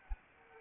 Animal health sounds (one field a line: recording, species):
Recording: mosquito wingbeat signal from an infrared sensor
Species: Anopheles arabiensis